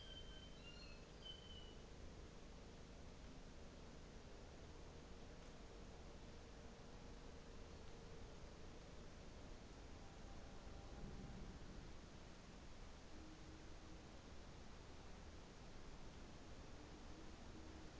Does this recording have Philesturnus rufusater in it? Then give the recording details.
no. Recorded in New Zealand on 24 December 2018. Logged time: 14:05